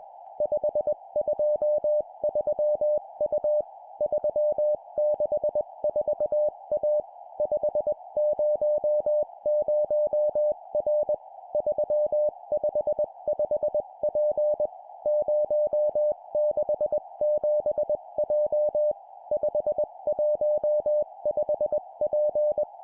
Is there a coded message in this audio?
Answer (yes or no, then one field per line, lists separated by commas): yes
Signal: Morse code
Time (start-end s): 0.4-22.6 s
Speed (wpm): 21 wpm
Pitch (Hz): 600 Hz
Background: music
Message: 523U 364A 500R 355P 067J 515P